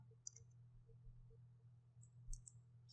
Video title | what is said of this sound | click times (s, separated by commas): Canon EOS M50 Mirrorless Camera Bundle Unboxing | clicks right in | 2.3 s